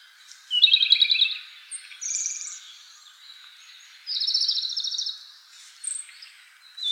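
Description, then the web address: Japanese robin song: high, rapid rattling trills lasting about a second, three main phrases with short thin notes between, in a quiet background. "birdenaga komadori"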